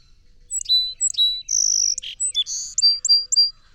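Song sparrow song beginning with two downslurred notes, followed by a steady buzzy note, a rasping note and a short run of high sweet notes.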